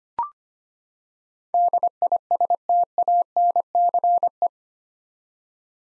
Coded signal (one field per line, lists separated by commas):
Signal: Morse code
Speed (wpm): 25 wpm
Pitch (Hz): 700 Hz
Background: none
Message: DISTANCE